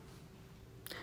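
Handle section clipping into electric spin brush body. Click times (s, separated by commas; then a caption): 0.9 s. A handle section is clipped together into the body of an electric spin cleaning brush during assembly. After a second of quiet background hiss, one sharp, short click sounds at 0.9 s as the section snaps into place. The handle is seated.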